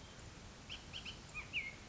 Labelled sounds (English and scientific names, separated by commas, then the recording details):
Bullock's Oriole (Icterus bullockii)
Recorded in Sonoma County, California